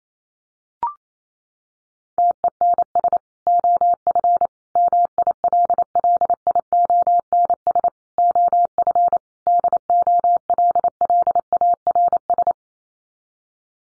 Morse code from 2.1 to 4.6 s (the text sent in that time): TENS OF